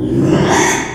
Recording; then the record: squeal of a Yucatan mini pig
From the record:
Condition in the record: after surgery on the right vocal fold (resection and tissue-engineered implant); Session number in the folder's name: 3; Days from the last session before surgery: 33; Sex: male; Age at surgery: 12 weeks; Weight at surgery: 13 kg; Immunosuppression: cyclosporine, prednisolone